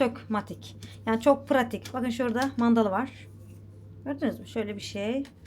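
A two-part plastic kitchen vent grille is handled near its toothed wall-mounted frame while someone talks throughout over a steady low hum. Nothing has seated or clicked yet; the clip ends before the grille snaps into its mount.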